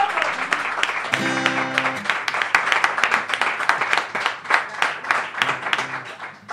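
An audience applauds steadily for several seconds, a dense crackle of many hands clapping at a lively, even level, with a low sustained tone briefly underneath.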